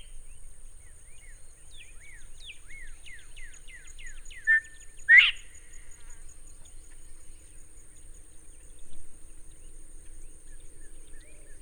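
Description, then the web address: Northern bobwhite giving its two-part whistle, a brief first note then a strong upslurred whistle, against a background of soft descending chirps from other birds. "chant xeno-canto colin de virginie"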